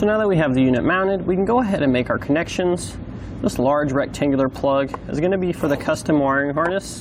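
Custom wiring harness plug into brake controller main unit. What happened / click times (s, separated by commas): Handled, not yet home: no seating click before the plug goes in / none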